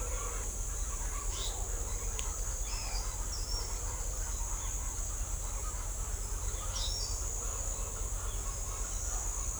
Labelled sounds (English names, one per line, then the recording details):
Chestnut-winged Chachalaca
Pale-eyed Pygmy Tyrant
Ochre-lored Flatbill
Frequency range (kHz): Pale-eyed Pygmy Tyrant 1.9-5.4 kHz; Ochre-lored Flatbill 4.5-6.0 kHz
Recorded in shrubland near Pivijay, Magdalena, Colombia, on 2 June 2023 at 07:00
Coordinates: 10.453, -74.365
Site P5-G022